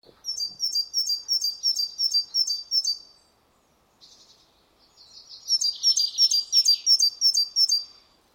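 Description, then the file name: Great tit calling, sharp high notes repeated rapidly about three times a second in two bursts, separated by a short pause with a few softer notes. "Parus major"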